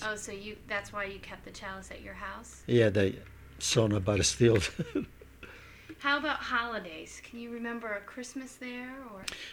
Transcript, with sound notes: Oh, so you, that's why you kept the chalice at your house?
Yeah, that, so nobody steals it. (laughs)
How about holidays? Can you remember a Christmas there or...